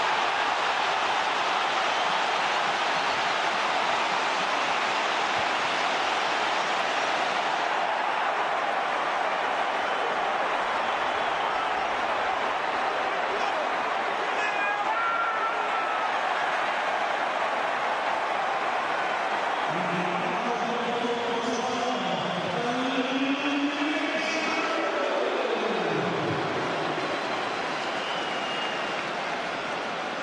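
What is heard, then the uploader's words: A stadium crowd keeps up a thick, steady roar for the whole stretch. Around fifteen seconds a brief higher cry cuts through. From about twenty seconds on, rising and falling voices swell out of the mass, gasping and groaning in reaction before easing near twenty-six seconds. Olivier Giroud goal v Crystal Palace - stadium reaction. The audio of Olivier Giroud's amazing scorpion goal against Crystal Palace. You can hear the crowd react to the Giroud flick in midfield, the finish, and the gasps when they see replays on the big screen.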